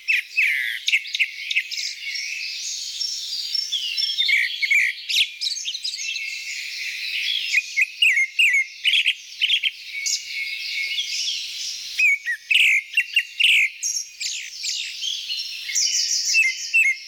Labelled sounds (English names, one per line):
Grey-backed Thrush song